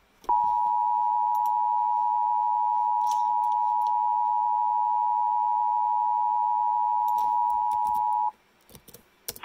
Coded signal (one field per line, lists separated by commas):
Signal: Emergency Alert System (SAME) tones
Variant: 853 and 960 Hz attention tone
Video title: EAS 1474 BIRMINGHAM TOR